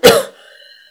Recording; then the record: coughing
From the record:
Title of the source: Coughing Woman Sound - Woman Cough Sound Effect